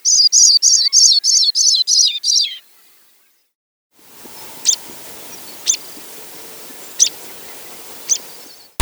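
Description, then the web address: Sprague's pipit giving high, jingling notes repeated about eight times and dropping in pitch at the end, followed by silence and a few sharp, high ticks over a faint hum. "Zoo Field Guide. Sprague's Pipit"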